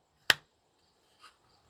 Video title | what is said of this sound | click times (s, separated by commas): SIG P365 & P320 with WE THE PEOPLE HOLSTERS! | where this clicks into place | 0.3 s